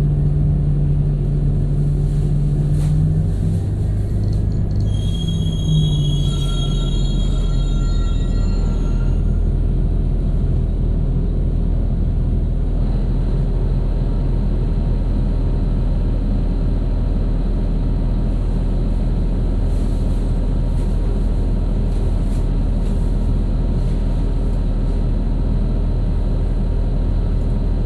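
A B103 bus rumbles steadily throughout, with a low droning engine, a rising whine around five to nine seconds, and occasional clunks and rattles.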